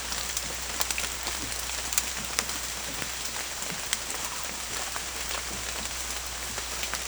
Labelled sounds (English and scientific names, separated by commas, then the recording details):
none
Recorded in secondary vegetation near Puerto Asís, Putumayo, Colombia, on 21 December 2024 at 15:00
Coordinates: 0.488, -76.319
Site GP04